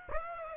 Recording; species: mosquito wingbeat signal from an infrared sensor; Aedes aegypti